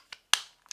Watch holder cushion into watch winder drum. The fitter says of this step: it snaps in place and yes it does so it's nice and secure and